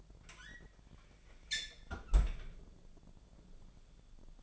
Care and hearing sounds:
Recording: daily activity, microphone in the room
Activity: close fridge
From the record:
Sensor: 5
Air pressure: 1000.2 hPa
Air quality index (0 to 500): 104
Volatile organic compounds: 1 ppm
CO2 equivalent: 836 ppm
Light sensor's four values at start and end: 239/566/242/264 and 234/557/238/259

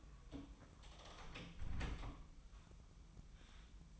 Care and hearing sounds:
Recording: daily activity, microphone in the room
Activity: close door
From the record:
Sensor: 1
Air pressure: 1004.8 hPa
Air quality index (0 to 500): 72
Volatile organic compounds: 1 ppm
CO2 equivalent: 959 ppm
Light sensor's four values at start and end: 10/24/9/10 and 9/23/9/10

